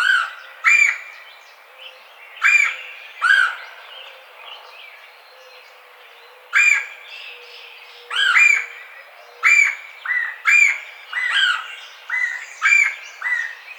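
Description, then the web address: Red-bellied woodpecker calling rolling, raspy kwirr notes, a few spaced at first, then a quicker run of about ten after a pause. Recorded 4 May 2009. "Red-bellied Woodpecker 2009 05 04"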